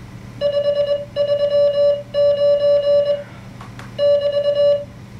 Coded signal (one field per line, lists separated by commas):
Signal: Morse code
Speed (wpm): 21 wpm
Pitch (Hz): 580 Hz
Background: none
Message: 539 <BT>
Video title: Practice Morse Code with a Machine